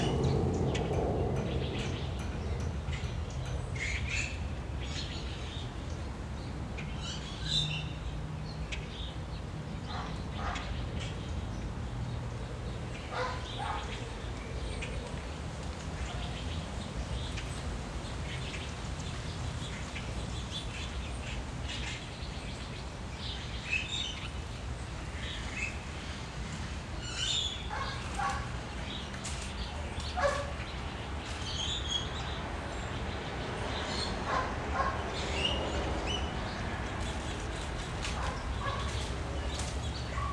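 A Saturday-morning backyard in Phoenix, Arizona: a low, steady rumble from passing planes fills the whole stretch. Over it, birds sing in short, bright chirps and trills that come and go every few seconds, busiest toward the middle and end.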